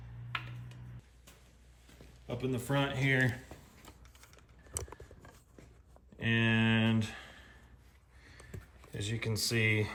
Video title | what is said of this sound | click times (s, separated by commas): Changing spark plugs 2018 Road Glide Special. M8 Preventative maintenance. #bagger #performance #DIY | again you want to hear that click | 0.4 s